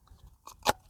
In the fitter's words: new filter in. Clicks into place.